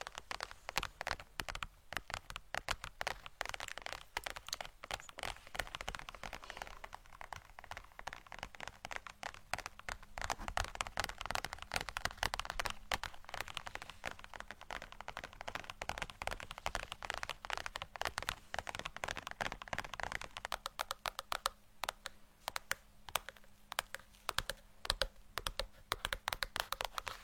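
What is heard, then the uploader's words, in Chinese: Brain-tapping sounds: quick, dense taps and clicks rattle on without pause for the whole stretch, irregular in rhythm and crisp, almost like fast typing. A faint low hum runs steadily underneath, with the tapping thinning slightly around the middle. 敲击大脑/指尖刺痛（声控助眠）。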